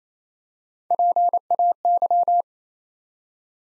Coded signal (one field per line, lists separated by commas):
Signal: Morse code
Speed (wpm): 29 wpm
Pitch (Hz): 700 Hz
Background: none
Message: PAY